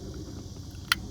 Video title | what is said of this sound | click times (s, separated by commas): How to replace an alternator and battery on a 99 Toyota Camry | all right i heard it click good deal | 0.9 s